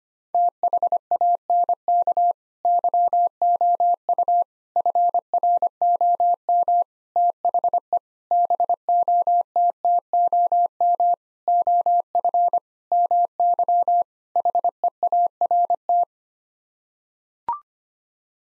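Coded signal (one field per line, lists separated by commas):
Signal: Morse code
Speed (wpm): 25 wpm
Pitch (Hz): 700 Hz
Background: none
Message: THANK YOU FROM THE BOTTOM OF MY HEART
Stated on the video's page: Morse practice sending sets of 8-word groups at 25 wpm for head-copy, each set sent, spoken, then sent again.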